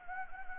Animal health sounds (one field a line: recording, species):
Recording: mosquito wingbeat signal from an infrared sensor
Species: Anopheles gambiae